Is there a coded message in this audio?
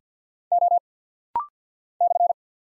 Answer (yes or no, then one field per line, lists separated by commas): yes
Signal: Morse code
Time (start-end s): 0.5-2.3 s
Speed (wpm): 49 wpm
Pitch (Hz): 700 Hz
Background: none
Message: O /